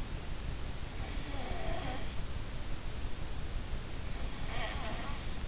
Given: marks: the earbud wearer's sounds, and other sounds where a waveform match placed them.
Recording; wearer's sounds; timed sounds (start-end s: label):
sounds in sleep by an in-ear microphone; snoring breath
0.96-2.24 s: snoring breath
4.19-5.39 s: snoring breath